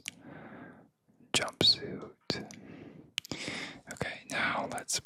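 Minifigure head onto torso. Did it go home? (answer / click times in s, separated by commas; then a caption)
no / none. A plastic LEGO minifigure head from the LEGO City F1 Williams set is handled over the torso stud it is about to be pressed onto, giving a few sharp, brief plastic ticks and soft rustles while someone talks in a whisper. The head has not seated or clicked on yet by the end of the clip.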